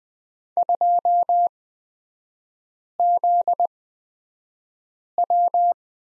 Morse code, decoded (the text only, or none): 2ZW